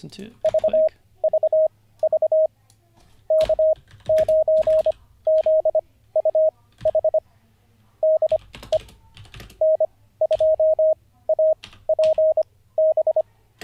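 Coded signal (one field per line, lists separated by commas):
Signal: Morse code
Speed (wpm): 25 wpm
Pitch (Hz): 630 Hz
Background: speech, radio noise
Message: VVV K9ZUH DE N2APB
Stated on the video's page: Morse code practice during a livestream, day 48 of learning.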